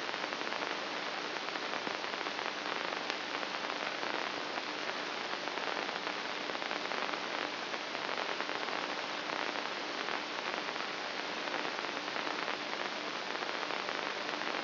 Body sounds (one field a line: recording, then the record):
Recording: brain microelectrode recording played as sound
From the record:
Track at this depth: outside the subthalamic nucleus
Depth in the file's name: 1.938 mm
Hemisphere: left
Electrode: 2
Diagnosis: Parkinson's disease